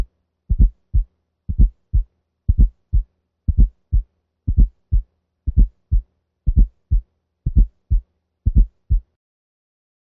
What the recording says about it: Listen to S4 at the left apex using the bell of the stethoscope. We will listen first at 60 beats per minute. The cadence of the sounds is 4, 1, 2.